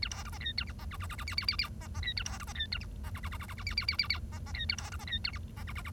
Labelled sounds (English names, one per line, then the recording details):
Bengalese Finch song
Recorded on 1 October 2012 at 10:18
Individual or60yw70